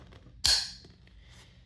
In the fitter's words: that end clicked in, that end did not.